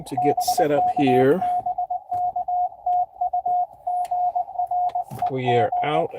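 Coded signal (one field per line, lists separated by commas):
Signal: Morse code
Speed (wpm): 22 wpm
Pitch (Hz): 720 Hz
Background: speech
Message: BK BK TU GREG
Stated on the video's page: CW from a POTA park activation.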